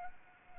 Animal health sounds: mosquito wingbeat signal from an infrared sensor; Anopheles arabiensis

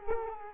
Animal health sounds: mosquito wingbeat signal from an infrared sensor; Culex quinquefasciatus

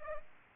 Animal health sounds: mosquito wingbeat signal from an infrared sensor; Culex pipiens

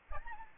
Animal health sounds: mosquito wingbeat signal from an infrared sensor; Aedes albopictus

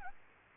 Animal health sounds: mosquito wingbeat signal from an infrared sensor; Anopheles arabiensis

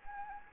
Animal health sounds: mosquito wingbeat signal from an infrared sensor; Anopheles gambiae

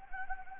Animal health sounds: mosquito wingbeat signal from an infrared sensor; Anopheles gambiae

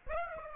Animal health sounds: mosquito wingbeat signal from an infrared sensor; Aedes aegypti

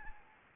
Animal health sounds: mosquito wingbeat signal from an infrared sensor; Anopheles gambiae

